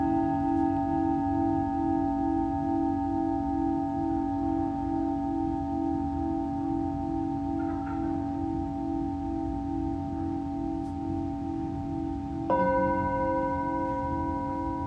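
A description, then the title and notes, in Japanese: A Tibetan singing bowl sustains a steady, ringing low tone with a cluster of bright overtones layered above it, humming with a slight shimmer. Around twelve and a half seconds a second strike adds new higher tones, and the sound swells briefly before settling again. チベタンシンギングボウル。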